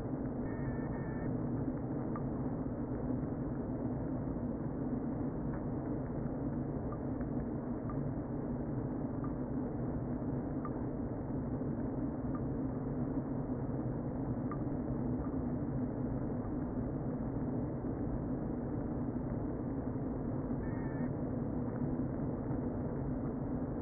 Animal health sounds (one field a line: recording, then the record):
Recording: honeybee colony, microphone inside the hive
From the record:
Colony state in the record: queen present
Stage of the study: before two queens were removed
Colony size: about 60,000 bees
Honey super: yes